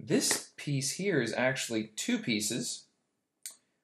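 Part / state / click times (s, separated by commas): magnetic clasp halves of a neckband headset / seated / 3.5 s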